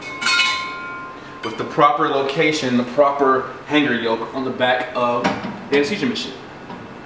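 A small secondary metal air cylinder is lined up with the pin-index hanger yoke on the back of an anesthesia machine, to be pushed onto the pins. Someone talks throughout over light metallic handling sounds. Nothing has seated or clicked yet.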